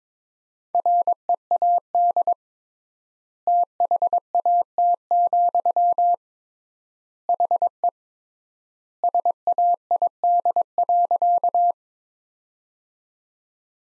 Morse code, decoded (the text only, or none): READ THAT, HE SAID.